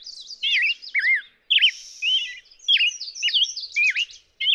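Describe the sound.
Black-headed grosbeak giving a short burst of song, several clear, swooping whistled notes and a thin buzz, with brief gaps between phrases.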